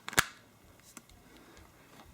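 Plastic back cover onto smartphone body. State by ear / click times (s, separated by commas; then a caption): partly seated / 0.1 s, 0.2 s, 1.0 s. A plastic back cover is pressed onto a Xiaomi Redmi Note smartphone after the battery goes in. Sharp snap clicks are heard at 0.1 s, 0.2 s and 1.0 s, the one at 0.2 s the loudest, with quieter small handling sounds after. The cover snaps on tightly but is not fully seated on the sides.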